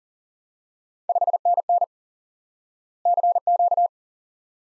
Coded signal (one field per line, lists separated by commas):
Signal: Morse code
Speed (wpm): 40 wpm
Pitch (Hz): 700 Hz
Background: none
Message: 5NN CQ